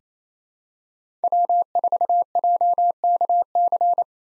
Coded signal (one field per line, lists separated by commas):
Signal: Morse code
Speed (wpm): 28 wpm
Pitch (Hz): 700 Hz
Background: none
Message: W4JKC